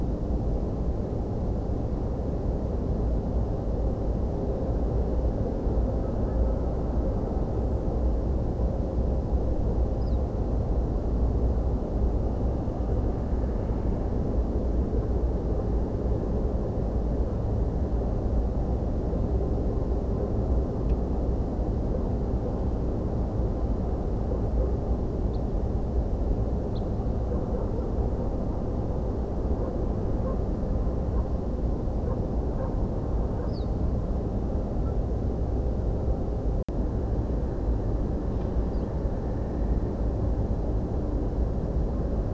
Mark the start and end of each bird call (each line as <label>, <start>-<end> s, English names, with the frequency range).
Ortolan Bunting (3.6-5.7 kHz), 10.01-10.17 s
Ortolan Bunting (3.1-4.8 kHz), 25.32-25.37 s
Ortolan Bunting (2.9-4.8 kHz), 26.74-26.80 s
Ortolan Bunting (3.7-5.6 kHz), 33.48-33.65 s
Ortolan Bunting (2.6-5.0 kHz), 38.73-38.87 s